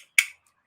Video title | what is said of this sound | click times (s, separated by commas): Thundercat Sandrail Buggy | Put it in the one end, slide it over. Feel it click in. | 0.2 s